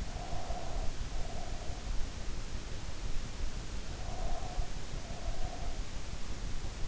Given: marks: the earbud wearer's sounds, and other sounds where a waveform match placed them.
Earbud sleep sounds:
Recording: sounds in sleep by an in-ear microphone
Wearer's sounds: breath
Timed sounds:
0.00-1.78 s: breath
3.76-6.01 s: breath

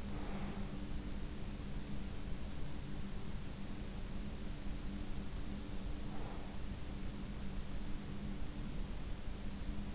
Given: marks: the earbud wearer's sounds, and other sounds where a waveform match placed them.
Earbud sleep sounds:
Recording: sounds in sleep by an in-ear microphone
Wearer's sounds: breath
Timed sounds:
0.00-0.85 s: breath
5.85-6.77 s: breath

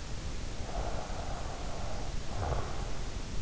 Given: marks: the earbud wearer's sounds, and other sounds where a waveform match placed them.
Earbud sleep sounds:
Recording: sounds in sleep by an in-ear microphone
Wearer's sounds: breath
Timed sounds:
0.62-3.11 s: breath

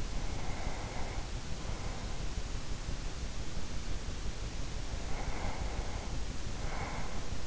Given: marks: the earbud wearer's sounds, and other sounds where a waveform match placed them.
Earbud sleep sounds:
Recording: sounds in sleep by an in-ear microphone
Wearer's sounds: breath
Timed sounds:
0.23-2.44 s: breath
4.94-7.47 s: breath

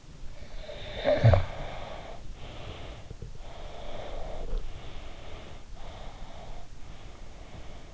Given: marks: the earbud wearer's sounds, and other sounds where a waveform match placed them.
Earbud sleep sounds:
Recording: sounds in sleep by an in-ear microphone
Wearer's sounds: snoring breath, breath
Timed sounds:
0.44-3.17 s: snoring breath
3.41-5.49 s: breath
5.88-7.94 s: breath

